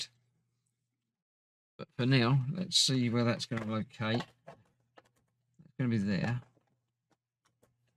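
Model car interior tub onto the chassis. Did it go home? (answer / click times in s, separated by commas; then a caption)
no / none. The plastic interior tub of a Fanhome 1:8 scale Eleanor model car is handled and lined up over the main chassis while someone talks. A few faint taps from the handling are heard. Nothing has seated or clicked yet.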